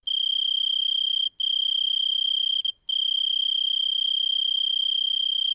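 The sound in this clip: Cricket chirping: a steady, high, pulsed trill held for long stretches, briefly interrupted twice, with no other sounds.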